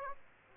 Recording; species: mosquito wingbeat signal from an infrared sensor; Aedes aegypti